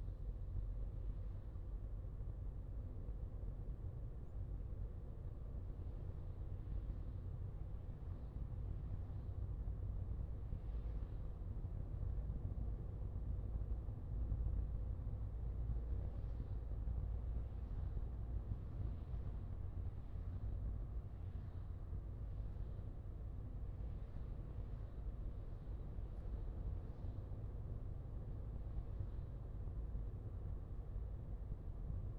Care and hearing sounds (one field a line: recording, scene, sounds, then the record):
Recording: everyday scene through a hearing-aid microphone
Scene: in a vehicle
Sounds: engine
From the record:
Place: Skoda Fabia, gasoline engine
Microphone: in the ear canal, left